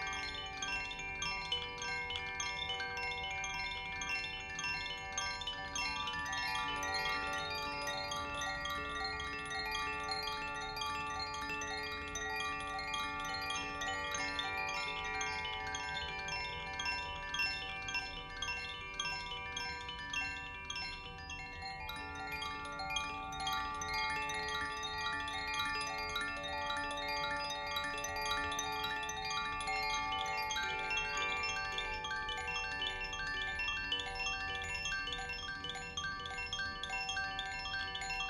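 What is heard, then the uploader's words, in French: Crystal singing bowls and chimes sound together in a dense, continuous wash for the whole span. Sustained bowl tones hold steady underneath while bright chime strikes ring out constantly, overlapping with no pauses. Loudness stays even throughout, with a slight dip near the middle. Une méditation sonore accompagnée de bols en crystal et de carillons.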